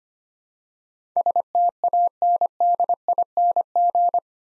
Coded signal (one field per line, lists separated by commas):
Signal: Morse code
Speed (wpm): 25 wpm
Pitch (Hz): 700 Hz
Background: none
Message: STANDING